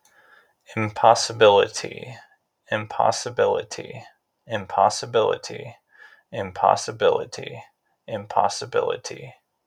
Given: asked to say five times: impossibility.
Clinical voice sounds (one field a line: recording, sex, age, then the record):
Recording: repeated word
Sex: male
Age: 40 to 49 years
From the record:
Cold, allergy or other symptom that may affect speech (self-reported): no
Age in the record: 40 years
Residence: Arizona, United States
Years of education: 12